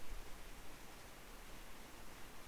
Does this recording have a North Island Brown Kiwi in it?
no